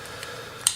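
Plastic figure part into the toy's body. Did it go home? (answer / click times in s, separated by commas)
yes / 0.7 s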